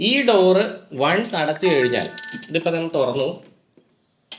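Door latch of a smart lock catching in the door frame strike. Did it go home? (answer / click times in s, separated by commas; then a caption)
yes / 4.3 s. Someone talks as a door fitted with an EZVIZ smart lock is opened and then pushed shut. After a brief quiet pause and a faint tap, the latch catches in the door frame strike with a sharp click at 4.3 s. The latch is seated, and the lock then auto-locks within five seconds.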